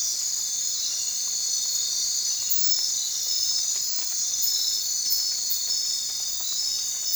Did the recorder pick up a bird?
no